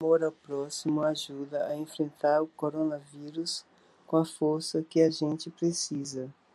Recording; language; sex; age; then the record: spoken sentence; Brazilian Portuguese; female; 60 to 69 years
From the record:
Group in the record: control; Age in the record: 66 years